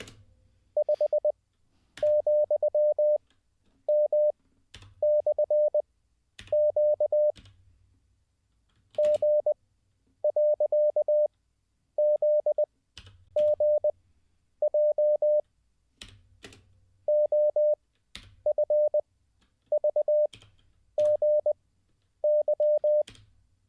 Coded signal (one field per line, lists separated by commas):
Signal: Morse code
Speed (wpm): 20 wpm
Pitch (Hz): 600 Hz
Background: none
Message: 5,M/Q G.ZGJ OFVGY